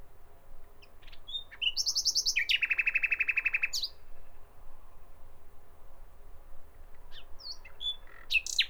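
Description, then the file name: Common nightingale song with a high buzzy trill, then a loud fast series of repeated notes, followed by scattered varied whistles and chips. "Nachtigall"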